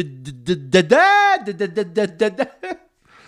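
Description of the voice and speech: Rapid, insistent repeats of "da-da", one syllable drawn out and shouted: an adult man acting out his childhood stuttering sound repetition, the repeated syllables growing louder and more strained as he pushes to get the word out.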